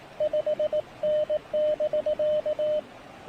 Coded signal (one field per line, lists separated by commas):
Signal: Morse code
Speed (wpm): 18 wpm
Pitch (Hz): 610 Hz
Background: radio noise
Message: 5N<BK>